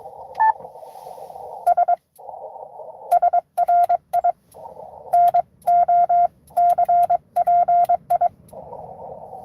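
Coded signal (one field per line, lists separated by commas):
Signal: Morse code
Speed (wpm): 22 wpm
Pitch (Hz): 700 Hz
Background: radio noise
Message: S SRI NOCPI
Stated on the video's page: Live Parks on the Air CW activation for a 12 days of Christmas event.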